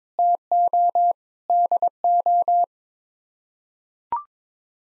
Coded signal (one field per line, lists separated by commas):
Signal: Morse code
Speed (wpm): 22 wpm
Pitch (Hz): 700 Hz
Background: none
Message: TO DO